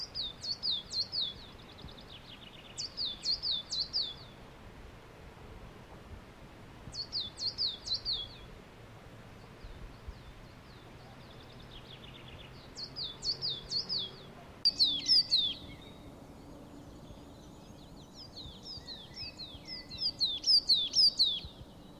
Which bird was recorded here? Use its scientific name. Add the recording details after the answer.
Periparus ater. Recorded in the wild. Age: adult. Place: Villach, Kärnten, AT. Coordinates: 46.591, 13.824. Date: 1971-04-20. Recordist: Brunner, Thomas. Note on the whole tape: Aufnahme: Napoleonswiese, Villach